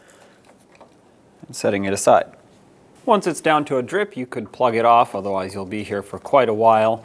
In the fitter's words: To speed up the draining process, you can remove the radiator cap by turning it counterclockwise, two clicks,